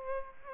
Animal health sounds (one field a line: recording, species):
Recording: mosquito wingbeat signal from an infrared sensor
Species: Aedes aegypti